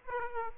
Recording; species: mosquito wingbeat signal from an infrared sensor; Culex pipiens